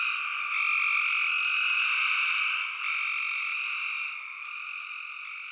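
Spring peepers calling in a dense chorus, overlapping high peeps merging into a steady shrill ringing with layered bands that swell and ease slightly.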